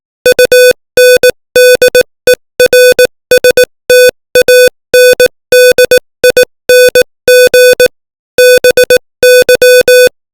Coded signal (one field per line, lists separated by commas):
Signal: Morse code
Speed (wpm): 18 wpm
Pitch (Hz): 500 Hz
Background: music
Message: UNDERSTANDING BY